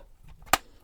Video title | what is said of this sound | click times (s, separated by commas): Crackshot and Leviathan - Late Game Survival Kit Fortnite Jazwares Review | you hear the pop it's | 0.5 s